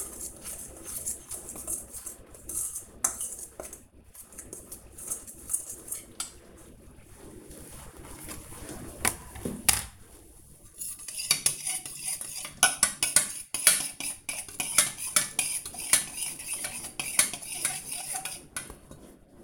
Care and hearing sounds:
household activities, microphone on the right wrist
0.00-19.44 s: baking

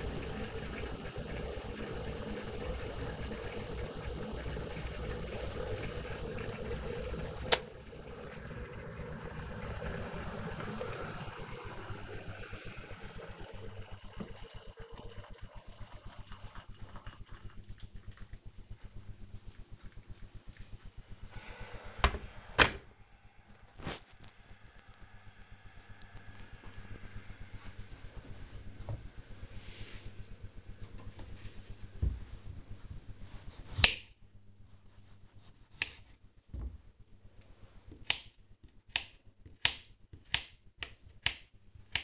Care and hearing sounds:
household activities, microphone on the right wrist
0.00-23.21 s: making tea
30.25-42.04 s: cutting vegetables

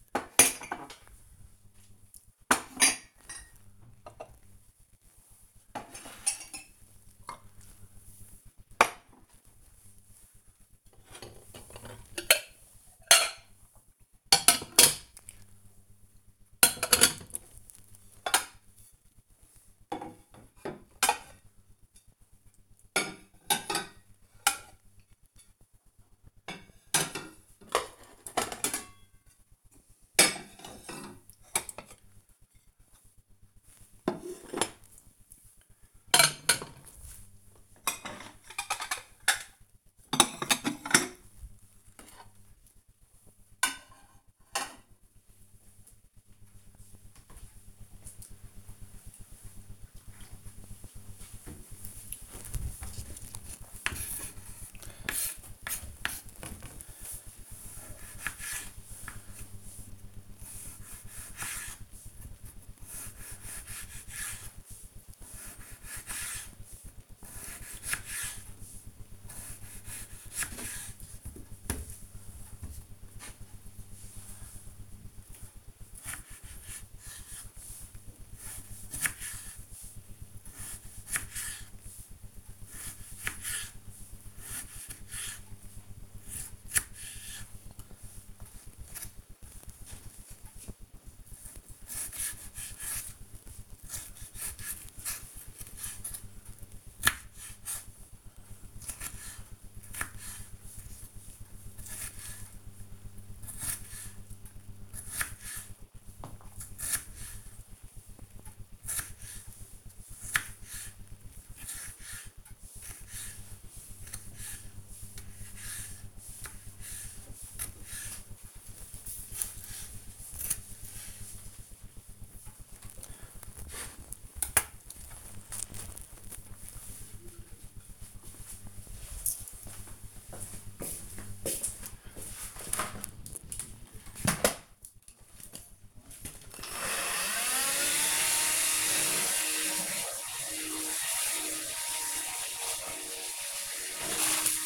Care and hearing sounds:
household activities, microphone on the right wrist
0.00-45.91 s: putting away the dishes
52.96-122.46 s: cutting vegetables
133.52-144.66 s: vacuum cleaning

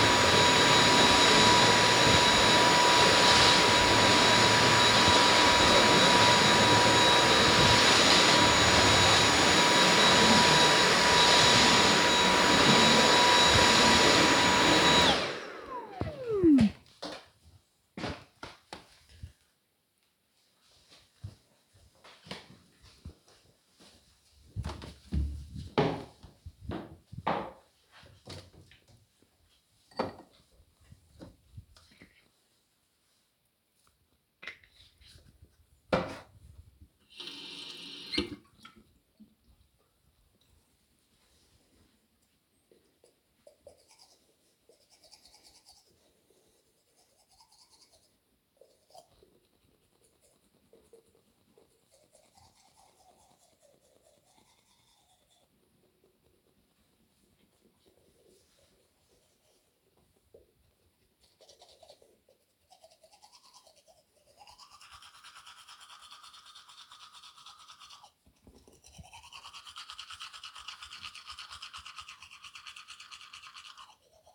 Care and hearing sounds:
household activities, microphone on the right wrist
0.00-15.35 s: vacuum cleaning
29.77-74.35 s: brushing teeth

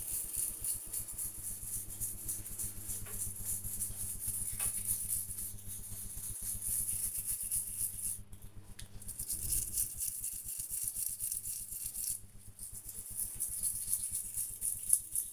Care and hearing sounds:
household activities, microphone on the right wrist
0.00-15.33 s: brushing teeth

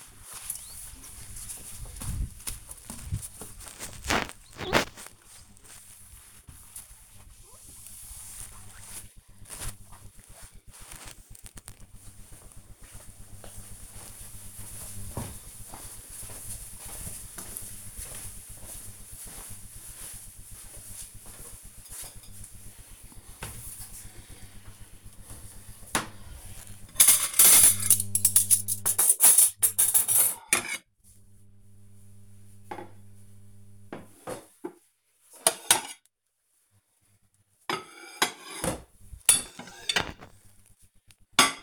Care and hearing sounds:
household activities, microphone on the right wrist
0.00-9.05 s: window cleaning
21.12-41.63 s: putting away the dishes

